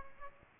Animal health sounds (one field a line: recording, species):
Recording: mosquito wingbeat signal from an infrared sensor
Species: Aedes aegypti